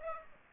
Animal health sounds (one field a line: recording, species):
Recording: mosquito wingbeat signal from an infrared sensor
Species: Aedes aegypti